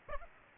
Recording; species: mosquito wingbeat signal from an infrared sensor; Aedes aegypti